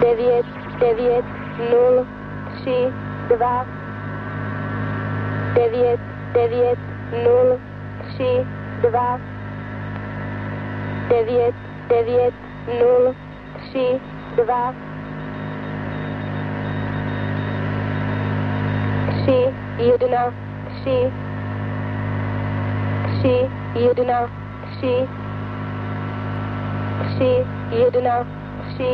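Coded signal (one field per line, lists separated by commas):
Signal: numbers station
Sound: voice reading digits in evenly spaced groups, like nine nine zero three two, repeated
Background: radio hum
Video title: The Conet Project 411 - Konec Konec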